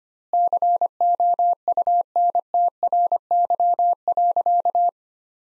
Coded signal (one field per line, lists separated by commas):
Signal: Morse code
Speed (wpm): 25 wpm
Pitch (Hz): 700 Hz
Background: none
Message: COUNTRY.